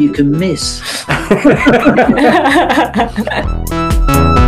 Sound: laughter